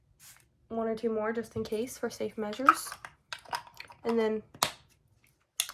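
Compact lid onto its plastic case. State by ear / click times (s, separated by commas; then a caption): seated / 5.6 s. A small plastic makeup powder compact has its lid snapped shut onto its plastic case, landing with a sharp little click at 5.6 s. Before that, someone talks over faint handling sounds, and the lid seats closed.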